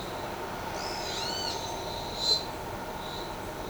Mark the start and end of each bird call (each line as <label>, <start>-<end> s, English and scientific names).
Pale-eyed Pygmy Tyrant (Atalotriccus pilaris), 0.75-1.18 s
Yellow-headed Caracara (Milvago chimachima), 1.14-1.52 s